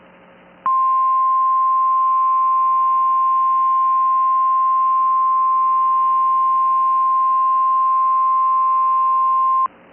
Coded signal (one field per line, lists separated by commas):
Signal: Emergency Alert System (SAME) tones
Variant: 1050 Hz attention tone